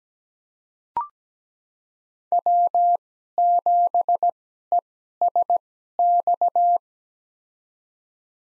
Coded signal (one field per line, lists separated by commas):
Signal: Morse code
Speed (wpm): 17 wpm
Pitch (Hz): 700 Hz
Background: none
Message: W7ESX